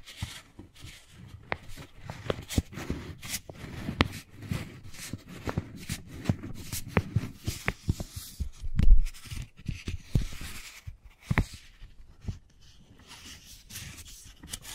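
Wooden balls knock and roll, making irregular clicks and soft thumps several times a second. A louder cluster of taps lands near the middle, then the knocks thin out toward the end.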